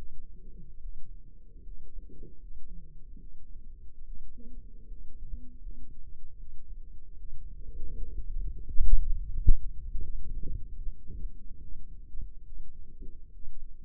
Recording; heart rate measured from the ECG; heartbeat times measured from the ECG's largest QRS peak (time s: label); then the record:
heart sounds by microphone in the left ear; 77 bpm
0.80 s: heartbeat
1.62 s: heartbeat
2.38 s: heartbeat
3.18 s: heartbeat
4.04 s: heartbeat
4.87 s: heartbeat
5.60 s: heartbeat
6.36 s: heartbeat
7.16 s: heartbeat
7.94 s: heartbeat
8.63 s: heartbeat
9.31 s: heartbeat
10.02 s: heartbeat
10.76 s: heartbeat
11.59 s: heartbeat
12.44 s: heartbeat
13.31 s: heartbeat
From the record:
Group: healthy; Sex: female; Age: 22 years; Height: 160 cm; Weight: 63 kg